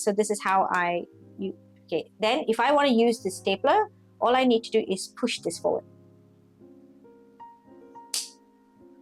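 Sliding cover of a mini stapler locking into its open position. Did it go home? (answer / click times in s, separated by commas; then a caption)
yes / 8.1 s. Someone talks over soft background music, then pushes the sliding cover of a small stationery mini stapler forward until it locks into its open, usable position. A single sharp click is heard at 8.1 seconds as the slide snaps into place, and the stapler is then ready to use.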